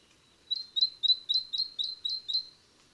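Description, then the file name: Great tit call: eight crisp, high, slightly falling notes delivered evenly at about four per second. "Great-Tit- -Parus-major"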